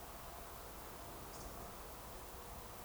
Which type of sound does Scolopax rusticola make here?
whistle